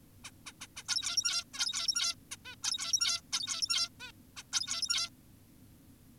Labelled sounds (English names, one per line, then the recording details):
Zebra Finch
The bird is an adult
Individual g17y2U